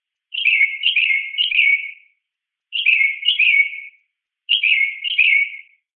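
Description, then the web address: Mockingbird calls: three bursts of chattering, slurred high notes, each one to two seconds long with short pauses between, in quiet surroundings. Multiple calls. "SFXSource. Mocking Bird Multi 1"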